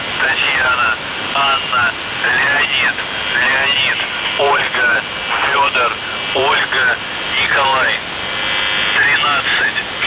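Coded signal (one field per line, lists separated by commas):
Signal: numbers station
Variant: UVB-76 (The Buzzer)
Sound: radio voice speaking continuously, with a brief harsh buzz tone in the middle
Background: radio static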